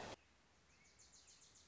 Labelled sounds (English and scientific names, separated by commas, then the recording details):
Wilson's Warbler (Cardellina pusilla)
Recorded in Sonoma County, California